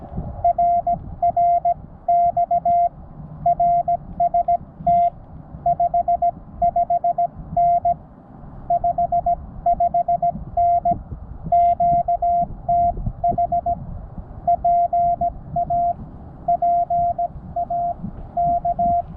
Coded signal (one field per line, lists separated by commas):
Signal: Morse code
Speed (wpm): 16 wpm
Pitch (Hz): 700 Hz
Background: none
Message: RR X RST 55N 55N QTH PA PA K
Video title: CW Newbie's 1 year POTA Anniversary